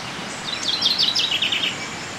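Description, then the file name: Common chaffinch song: a single short burst of quick, high notes slipping downward to a brief ending, with background noise. "Fringilla coelebs"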